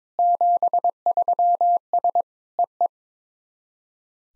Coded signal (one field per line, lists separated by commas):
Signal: Morse code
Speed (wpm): 20 wpm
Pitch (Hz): 700 Hz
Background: none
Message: 73S EE